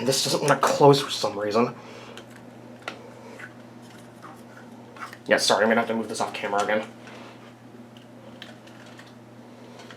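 Someone talks while handling a 2020 Mighty Morphin Power Rangers Megazord transforming robot toy, working its plastic T-rex head piece into its slot in the robot's body. Between stretches of talk, faint handling noise and a few short, sharp ticks are heard. The head piece has not seated or clicked into place yet.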